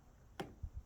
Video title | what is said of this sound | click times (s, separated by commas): New BMW Rear Diffuser Install and Review - 2015 BMW F10 535i Msport | you just line it up and then you just push in so you hear a little snap | 0.4 s